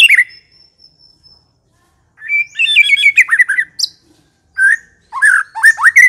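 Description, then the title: White-rumped shama song: a sharp whistled note and a thin sustained tone, silence, then bursts of varied chattering and whistled phrases with quick slurs. Long-duration song used as a lure (pikat) for attracting birds. "Pikat Murai Batu Durasi Panjang"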